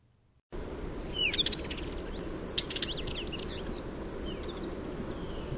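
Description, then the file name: Northern wheatear singing a brief burst of scratchy, crackling notes mixed with whistles, over steady low background rumble. "Culbianco"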